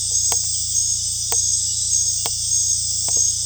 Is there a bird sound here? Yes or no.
no